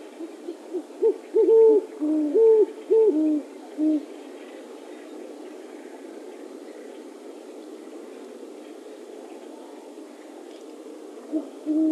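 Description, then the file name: Great horned owl hooting, a run of deep hoots in the first four seconds, then a long quiet stretch before one or two more hoots at the end. Recorded January 2018. "great horned owl by paul marvin"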